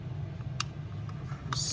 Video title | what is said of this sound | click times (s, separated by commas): Vevor Diesel Heater | snap right in and then | 0.6 s, 1.5 s